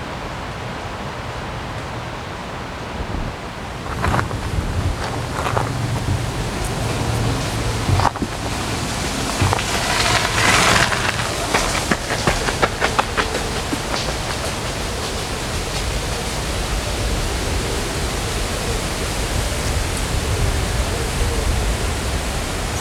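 Wind rushes steadily along the river in Odense, a dense hiss that swells after about eight seconds and stays stronger to the end. Brief scuffs and taps come and go through the middle, like runners passing, over a low rumble underneath.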